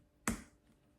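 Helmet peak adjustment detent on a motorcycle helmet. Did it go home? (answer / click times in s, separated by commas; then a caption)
yes / 0.3 s. The adjustment mechanism at the top of a Klim X1 Alpha motorcycle helmet's plastic peak is pressed. It gives one sharp click at 0.3 s that dies away within about a quarter second. The peak snaps one step into the next of its three detent positions.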